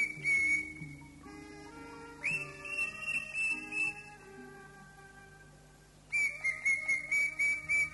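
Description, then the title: Greater green leafbird whistled song with a brief opening note, a run of level whistles, a pause, then a final burst of quick notes. "Cio. Kicau Burung Cucak Ijo"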